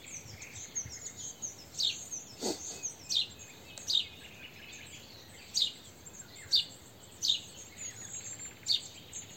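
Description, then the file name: House sparrow chirps, short bright notes repeated irregularly, over a steady high hiss and fainter chirping behind. "Passer domesticus"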